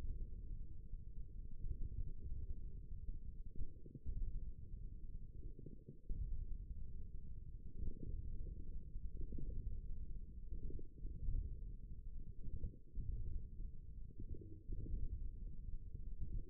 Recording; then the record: forearm muscle sounds (acoustic myography)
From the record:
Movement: ulnar deviation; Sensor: system 1, eight BSWA MPA416 microphones around the upper forearm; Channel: 3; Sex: male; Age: 54 years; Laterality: right